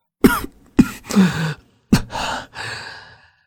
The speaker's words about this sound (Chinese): 白毅咳嗽了几下，稍微抬头看了看窗户外的月亮，眼神有些迷茫。